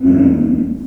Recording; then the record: squeal of a Yucatan mini pig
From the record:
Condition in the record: after surgery on the right vocal fold (resection and tissue-engineered implant); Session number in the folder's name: 5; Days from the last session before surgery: 33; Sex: female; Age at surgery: 19 weeks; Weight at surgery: 25 kg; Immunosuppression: prednisolone